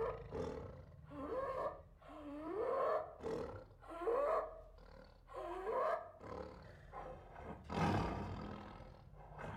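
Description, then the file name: Siberian tiger snarling in a string of about six rasping, rising-and-falling bursts, roughly one every one and a half seconds, ending in a heavier roar. Several Siberian tigers, angry, giving growls, roars and snarls. "Sound Ideas. Siberian Tigers Make Angry Growls, Roars and Snarls"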